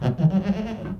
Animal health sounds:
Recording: contact call of a hoofed animal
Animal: goat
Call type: low-frequency (closed-mouth) or high-frequency (open-mouth) call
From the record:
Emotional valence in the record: negative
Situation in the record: food frustration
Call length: 0.99 s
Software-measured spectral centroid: 1130 Hz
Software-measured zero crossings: 630 a second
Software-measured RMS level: -23 dBFS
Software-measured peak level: -8 dBFS

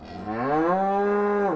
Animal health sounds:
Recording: contact call of a hoofed animal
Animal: cattle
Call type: low-frequency (closed-mouth) or high-frequency (open-mouth) call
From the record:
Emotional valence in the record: negative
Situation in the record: separation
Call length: 1.56 s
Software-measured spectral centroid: 1010 Hz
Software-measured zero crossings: 1250 a second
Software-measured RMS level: -24 dBFS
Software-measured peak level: -11 dBFS

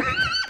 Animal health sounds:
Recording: contact call of a hoofed animal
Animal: Przewalski's horse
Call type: whinny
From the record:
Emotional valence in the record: negative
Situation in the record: group separation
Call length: 0.50 s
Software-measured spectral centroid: 2770 Hz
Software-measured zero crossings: 4520 a second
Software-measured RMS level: -24 dBFS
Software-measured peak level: -14 dBFS

